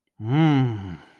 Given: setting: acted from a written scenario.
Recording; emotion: vocal sound without words; desire